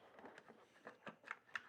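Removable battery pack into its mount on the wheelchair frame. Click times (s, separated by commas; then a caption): 1.6 s. The removable battery pack of an Easwe D10 electric wheelchair is slid down into its holder on the side of the wheelchair frame and pushed until it locks. Several soft knocks and scrapes build up before a sharp snap at 1.6 s, the loudest sound in the clip, as the pack seats. It stays on until the release button is pressed.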